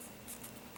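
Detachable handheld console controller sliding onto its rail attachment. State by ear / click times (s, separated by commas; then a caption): not seated / none. A detachable Nintendo Switch controller side piece, flipped the right way up, is slid along its plastic rail attachment, making a soft, steady scraping and rubbing sound with faint bursts of high hiss and no sharp hits. Nothing has seated or clicked yet.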